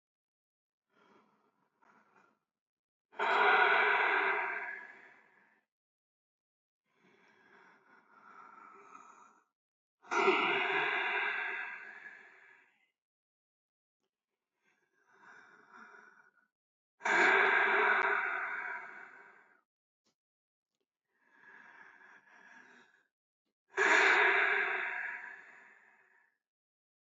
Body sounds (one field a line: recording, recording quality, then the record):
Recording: deep breathing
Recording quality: excellent, no background noise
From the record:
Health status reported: healthy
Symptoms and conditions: none ticked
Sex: male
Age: 64 years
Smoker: not ticked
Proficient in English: yes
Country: India